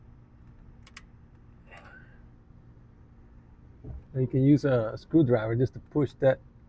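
A steel snap ring is being handled on the AC compressor clutch shaft of a 2010 Nissan Rogue, with a screwdriver about to push it into its groove. Two brief sharp ticks sound near 0.9 and 1.0 seconds, then someone talks from about 3.9 seconds on. Nothing has seated or clicked into the groove yet.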